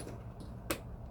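A cable connector is pushed into a PC component on a second attempt and clicks home at 0.7 s. A single short, sharp click stands out over a low steady background hum, and the connector is seated.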